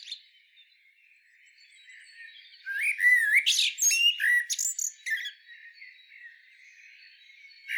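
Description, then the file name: Common blackbird song: a quiet start, then a loud phrase of low fluted whistles breaking into high squeaky twittering, then quieter again. "Turdus merula"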